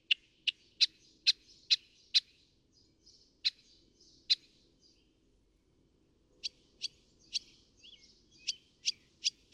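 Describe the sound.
Northern mockingbird song of sharp, clicking chips in rapid runs, a short pause, then more chips with a brief twangy note among them.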